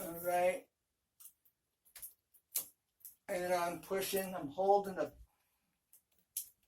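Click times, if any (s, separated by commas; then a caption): 6.4 s. Someone talks while setting tile on a shower curb, holding the plastic piece of a tile leveling system and pushing it home, with a few faint ticks in between. A sharp snap at 6.4 s marks the plastic tile leveling clip seating in place on the curb tile.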